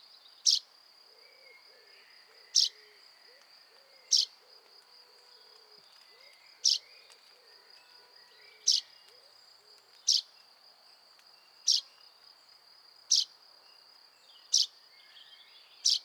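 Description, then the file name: Common chaffinch call notes, brief and sharp, about ten of them spaced roughly every 1.5 to 2.5 seconds, with a constant high buzzing drone behind. "Fringilla coelebs"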